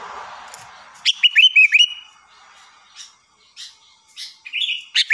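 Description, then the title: Sooty-headed bulbul song: a rapid bubbly phrase of rolling whistled notes, a few soft notes, then another short phrase at the end. "Kutilang"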